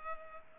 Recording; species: mosquito wingbeat signal from an infrared sensor; Culex pipiens